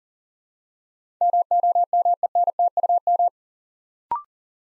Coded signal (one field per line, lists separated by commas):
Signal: Morse code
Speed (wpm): 39 wpm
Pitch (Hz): 700 Hz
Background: none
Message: MOMENTUM